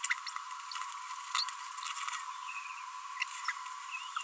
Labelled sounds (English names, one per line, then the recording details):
Green-rumped Parrotlet babbling
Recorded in a nest box in Venezuela
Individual 18B25A5